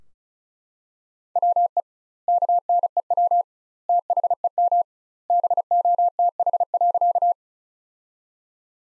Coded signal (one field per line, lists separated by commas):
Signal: Morse code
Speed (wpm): 34 wpm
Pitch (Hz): 700 Hz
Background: none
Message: WE KNEW THEM BOTH.